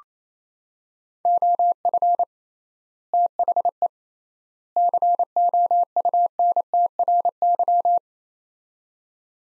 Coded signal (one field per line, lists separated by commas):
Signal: Morse code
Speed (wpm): 28 wpm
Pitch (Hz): 700 Hz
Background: none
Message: OF THE COUNTRY